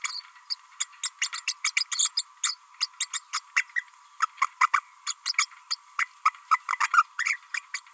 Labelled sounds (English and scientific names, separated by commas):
Green-rumped Parrotlet (Forpus passerinus) babbling